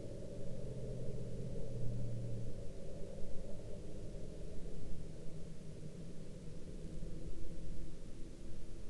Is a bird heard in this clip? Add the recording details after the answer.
no. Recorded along the Dempster Highway, Canada, on 22 October 2019 at 09:24. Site 23